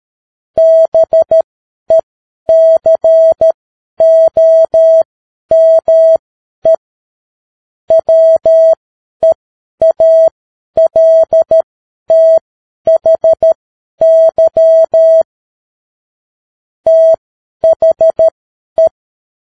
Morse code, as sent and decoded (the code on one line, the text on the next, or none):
-... . -.-. --- -- . / .-- . .- .-.. - .... -.-- / - .... .
BECOME WEALTHY THE